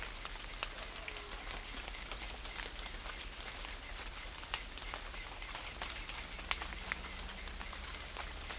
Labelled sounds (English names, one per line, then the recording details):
none
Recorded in forest near Pivijay, Magdalena, Colombia, on 1 June 2023 at 18:00
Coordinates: 10.467, -74.380
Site Z5-G034